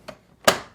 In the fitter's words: It will make an audible click when locked back in place.